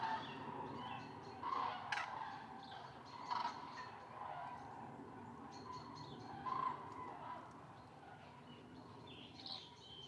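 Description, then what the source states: Common crane calls, faint trumpeting notes over a steady background, with a few louder bugles standing out. Flock on migration stopover, Lac du Der reservoirs, eastern France, November; over 200,000 birds counted; some winter there; stereo, Nagra Seven and MKH8020.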